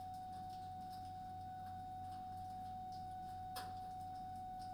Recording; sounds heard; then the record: poultry house recording; no chicken sound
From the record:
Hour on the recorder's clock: 21